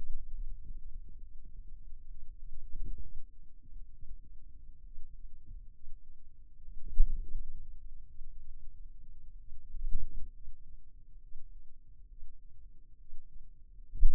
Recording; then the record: forearm muscle sounds (acoustic myography)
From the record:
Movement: wrist extension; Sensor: system 2, bracelet of six BSWA MPA416 microphones around the upper forearm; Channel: 5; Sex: male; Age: 22 years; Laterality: right